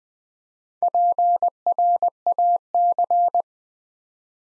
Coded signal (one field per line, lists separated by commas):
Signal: Morse code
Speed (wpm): 20 wpm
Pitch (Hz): 700 Hz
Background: none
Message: PRAC